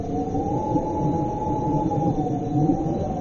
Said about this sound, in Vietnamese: Tự nhiên, đêm nay trời trở gió, nhà có hai vợ chồng ở chung cư cao tầng nên có thể nghe tiếng gió lùa qua khe cửa. Chắc hẳn mọi người cũng đã từng nghe cái tiếng này rồi.